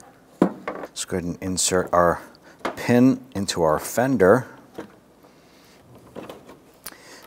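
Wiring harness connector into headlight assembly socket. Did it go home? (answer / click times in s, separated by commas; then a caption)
yes / 0.4 s. The wiring harness plug is lined up and pressed onto the headlight assembly's connector socket on a 2006-2013 Chevrolet Impala, and it clicks into place at 0.4 s, seated. A second sharp tick follows at 0.7 s, then someone talks, and another faint tick comes near 6.9 s.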